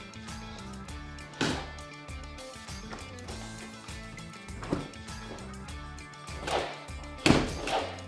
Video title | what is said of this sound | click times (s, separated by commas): How To Fix A Door That Won't Close! A Trick To Try, and DIY Tutorial For Re-Shimming The Door Jamb! | Well, for the first time ever, the door closes. It doesn't latch. | none